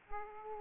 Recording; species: mosquito wingbeat signal from an infrared sensor; Aedes aegypti